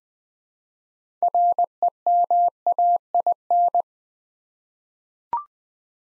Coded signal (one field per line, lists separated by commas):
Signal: Morse code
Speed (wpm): 20 wpm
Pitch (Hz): 700 Hz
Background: none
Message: REMAIN